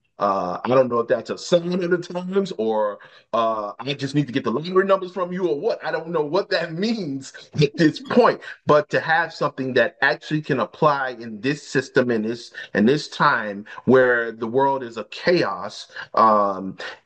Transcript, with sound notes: I don't know if that's a sign of the times or, uh, I just need to get the longer numbers from you or what. I don't know what that means at this point.
(laughs)
But to have something that actually can apply in this system, in this, in this time, where the world is a chaos,